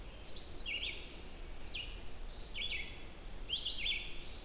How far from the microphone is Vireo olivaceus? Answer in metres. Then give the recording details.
about 40 m. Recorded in boreal forest in Alberta, Canada, on 29 June 2016 at 06:46. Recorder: SongMeter 3, array SBT-6-79. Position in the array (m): 2 m, 123 m